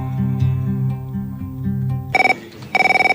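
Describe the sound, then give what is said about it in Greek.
A short passage of low, sustained music gives way to a telephone ringing: two loud bursts of a rapidly trilling, high electronic tone separated by a brief pause. “150 μέρες έχω πάρει τηλέφωνο.”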